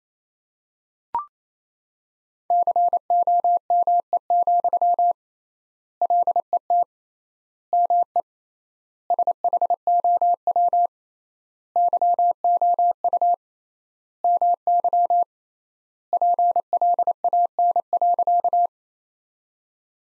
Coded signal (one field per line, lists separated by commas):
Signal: Morse code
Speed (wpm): 28 wpm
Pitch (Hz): 700 Hz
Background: none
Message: COME, LET ME SHOW YOU MY PLAN.